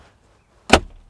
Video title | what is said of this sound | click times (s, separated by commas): Mazda MX-5 30th Anniversary - The BEST sports car money can buy! | that's it locked | 0.7 s